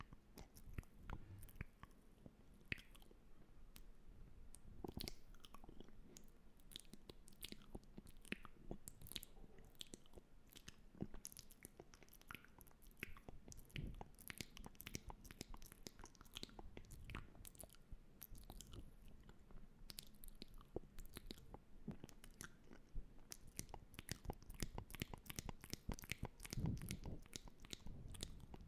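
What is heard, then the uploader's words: Mouth sounds of chewing and biting, with wet clicks and crunchy snaps repeating in dense, irregular bursts throughout. The crisp, bright crackles sit over a soft low rumble, and the activity stays fairly even, growing slightly busier in the last several seconds. Mouth Sounds X 2.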